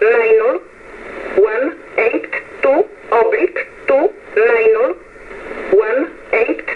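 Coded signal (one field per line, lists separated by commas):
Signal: numbers station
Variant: E11 Oblique, English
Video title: 15 08 2022 Numbers Station E11 Oblique in English to Eu 0830 on 15720 Warsaw in USB mode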